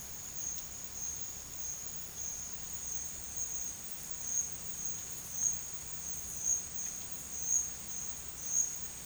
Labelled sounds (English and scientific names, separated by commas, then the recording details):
none
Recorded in dense forest near Puerto Asís, Putumayo, Colombia, on 8 March 2025 at 14:00
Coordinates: 0.484, -76.317
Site G064